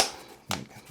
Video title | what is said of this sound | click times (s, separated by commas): Modular Brick Wall STL Pack for 1:12 Dioramas — Dioram-X Wall Panel Pack Print & Build Guide | Nice little satisfying click. | 0.5 s